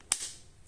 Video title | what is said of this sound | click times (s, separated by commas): İŞİNİN EN İYİSİ OLABİLME YOLUNDAKİ PALMERA CS 25 K BUDAMA TESTERESİ | zaten Bir kız daha var kızakla beraber takıyorsunuz çıt sesini duyduktan sonra | 0.1 s